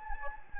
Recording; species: mosquito wingbeat signal from an infrared sensor; Anopheles gambiae